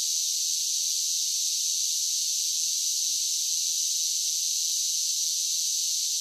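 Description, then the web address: Many cicadas droning together, an even, continuous high buzz holding constant throughout, nothing else audible. Large group of cicadas singing as a steady drone. "Blast Wave SSFX Cicadas Sing. cicadas large group steady drone insects bugs"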